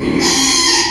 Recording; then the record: squeal of a Yucatan mini pig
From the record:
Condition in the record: after surgery on the right vocal fold (resection and tissue-engineered implant); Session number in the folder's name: 2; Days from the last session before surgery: 13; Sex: male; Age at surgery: 12 weeks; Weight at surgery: 13 kg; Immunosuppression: cyclosporine, prednisolone